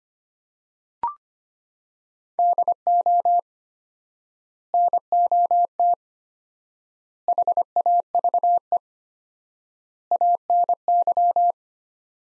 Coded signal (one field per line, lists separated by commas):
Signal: Morse code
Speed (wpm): 25 wpm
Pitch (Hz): 700 Hz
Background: none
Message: DO NOT HAVE ANY